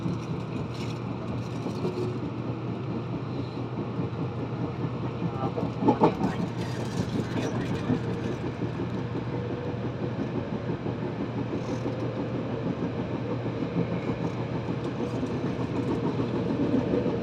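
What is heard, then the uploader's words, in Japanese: A local train runs between Naka-Otai and Kami-Otai, its steady low rumble continuous throughout. Sharper rattles and clatter break through around six seconds and again near eight, with faint voices underneath and the noise swelling slightly toward the end. 名鉄6500系の（やる気のない）加減速。6500系6416号車から車窓を眺める。人身事故による運転再開直後の普通列車、中小田井→上小田井間。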